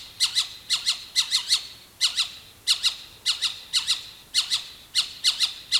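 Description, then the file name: Animal alarm call: harsh, buzzy squawks in rapid clusters of two or three notes, repeated steadily without pause. "SLA alarm"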